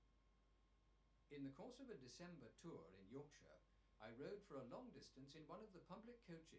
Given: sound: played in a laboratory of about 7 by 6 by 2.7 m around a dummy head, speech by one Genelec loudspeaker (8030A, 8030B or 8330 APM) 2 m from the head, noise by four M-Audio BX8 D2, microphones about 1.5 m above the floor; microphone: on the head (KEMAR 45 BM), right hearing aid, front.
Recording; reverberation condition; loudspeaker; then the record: male speech in English; low; behind (180 degrees)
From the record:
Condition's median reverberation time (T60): about 310 ms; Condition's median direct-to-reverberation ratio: about 3.5 dB